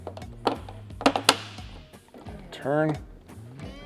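A headlight beauty ring is popped into the headlight opening of a color-matched Ruckus ST motorcycle fairing on a 2018–2025 Harley M8 Softail and turned, with sharp plastic taps and knocks around 0.5 s and 1.0–1.3 s. Someone talks briefly while music plays in the background. Nothing has seated or clicked into place yet.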